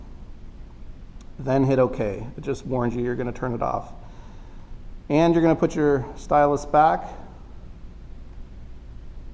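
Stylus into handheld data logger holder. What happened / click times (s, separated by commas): The stylus is handled but not yet seated / none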